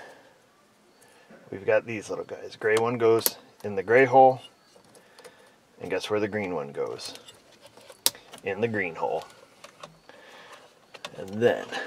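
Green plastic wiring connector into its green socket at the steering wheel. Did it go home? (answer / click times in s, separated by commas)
yes / 8.1 s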